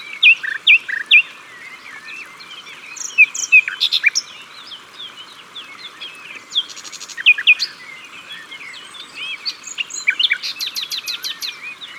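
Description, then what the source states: Common nightingale phrases of sharp repeated notes and slurred chirps, some loud bursts standing out against a dense background chorus of twittering birds. At the water's edge.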